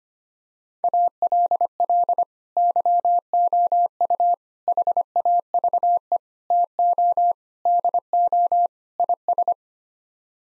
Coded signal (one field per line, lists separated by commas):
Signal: Morse code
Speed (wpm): 25 wpm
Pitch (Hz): 700 Hz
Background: none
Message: ALL YOU HAVE TO DO IS